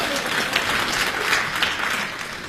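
An audience claps steadily for a couple of seconds, a dense, even patter of many hands at moderate loudness with no clear voices over it.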